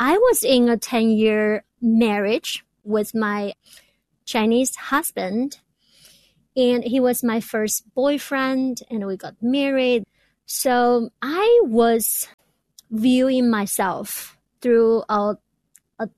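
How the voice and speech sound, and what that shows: An adult woman who stutters speaks English at a moderate pitch in a quiet room, mostly smoothly but with stretched sounds on "so… I… was" and "through" and pauses of up to about a second. These are mild stuttering disfluencies, mainly prolongations, with no clear repetitions.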